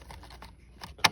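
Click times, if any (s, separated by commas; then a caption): 1.1 s. A plastic attachment is released from the nozzle of a Hoover Clean Slate XL carpet cleaner by pressing its release button and pulling it off. A few faint ticks and rustles lead up to one sharp, loud click at 1.1 seconds as the attachment comes free.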